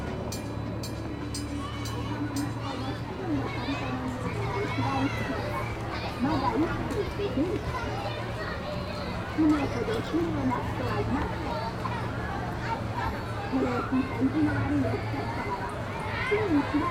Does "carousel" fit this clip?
yes